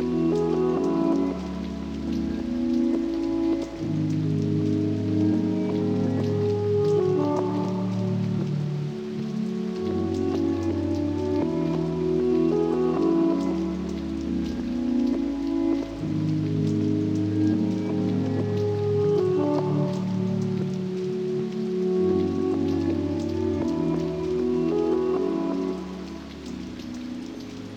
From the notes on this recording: Let the rain fall down upon you